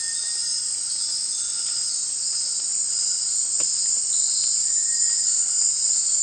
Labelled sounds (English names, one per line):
Cinereous Tinamou